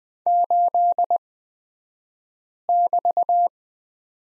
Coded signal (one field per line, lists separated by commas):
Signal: Morse code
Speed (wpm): 20 wpm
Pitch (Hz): 700 Hz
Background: none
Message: 8<BT>